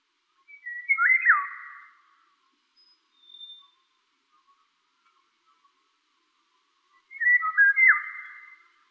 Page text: Krzysiek Deoniziak - Обыкновенная иволга (Oriolus oriolus)